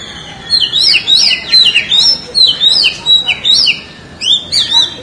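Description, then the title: Oriental magpie-robin song of fast, looping whistled notes rising and falling in quick succession, pausing briefly before a final phrase. "Kacer"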